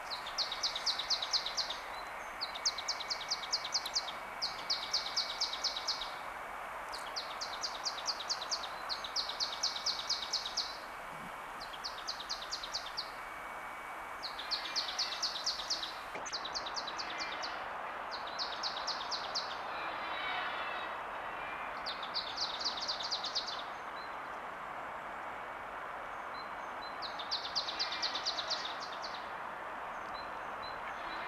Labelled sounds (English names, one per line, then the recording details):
Marsh Tit song
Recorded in the wild
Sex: group
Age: adult
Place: Oberstdorf, Bayern, DE
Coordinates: 47.4208, 10.2464
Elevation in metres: 886
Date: 1979-04-10
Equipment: Uher 4000 Report
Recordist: Tretzel, Erwin